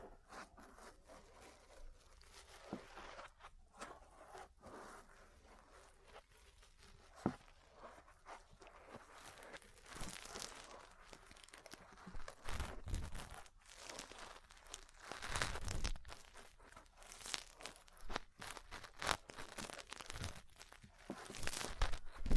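Ear cleaning and massage sounds: irregular crinkly rubbing and scratching with frequent short taps, growing louder and busier after the first ten seconds.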